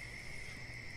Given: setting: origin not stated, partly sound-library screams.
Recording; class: one-second piece from a danger detection set; normal situation